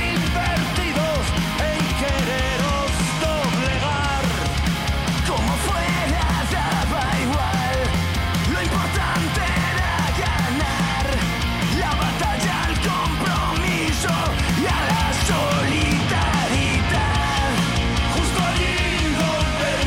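A loud rock song plays steadily for the whole stretch, with dense guitars, pounding drums and a sung vocal line weaving over the top, and no talking.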